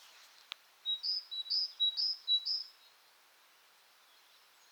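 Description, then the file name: Great tit giving a bright, high two-note phrase repeated four times in quick, even succession, then a pause. "Parus major"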